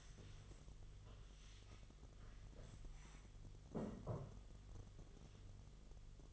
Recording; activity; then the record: daily activity, microphone in the room; stand up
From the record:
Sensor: 4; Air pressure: 1005.9 hPa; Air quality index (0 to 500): 106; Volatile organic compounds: 3 ppm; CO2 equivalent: 1324 ppm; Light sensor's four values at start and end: 13/29/11/10 and 13/29/11/10